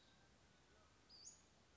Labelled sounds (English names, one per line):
Western Flycatcher